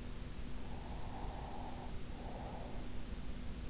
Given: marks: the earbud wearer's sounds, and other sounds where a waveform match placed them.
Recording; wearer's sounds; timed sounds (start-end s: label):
sounds in sleep by an in-ear microphone; breath
0.32-3.32 s: breath